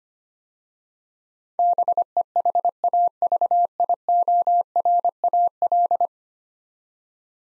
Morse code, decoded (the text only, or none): BEHAVIORAL